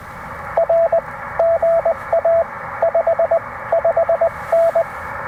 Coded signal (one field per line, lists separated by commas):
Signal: Morse code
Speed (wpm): 20 wpm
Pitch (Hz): 690 Hz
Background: radio noise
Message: R GA 5 5N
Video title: Two Watts, Big Fun! POTA with the AX2 & KE8PTX’s 3D-Printed Mini Clamp